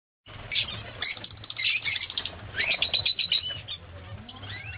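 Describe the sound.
Lovebird twittering: busy high chirps and short squeaky notes, with a few rising whistles near the end, over a steady low hum.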